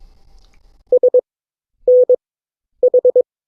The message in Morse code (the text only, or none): SNH